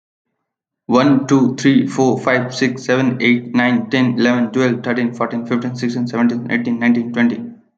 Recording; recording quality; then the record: counting at a fast pace; excellent, no background noise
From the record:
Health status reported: healthy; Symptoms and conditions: none ticked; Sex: male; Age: 25 years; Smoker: not ticked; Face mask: not worn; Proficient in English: yes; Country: India